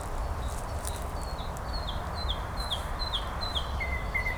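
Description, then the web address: Nightingale delivering a run of repeated downslurred notes, ending with two flat whistled notes, low rumble beneath. "slowik spiew slowika"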